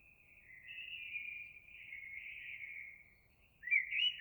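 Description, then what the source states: Eurasian blackbird song: a long, fairly quiet fluted warble, then a louder burst of notes at the end, with light background noise. Recorded 26 April 2022.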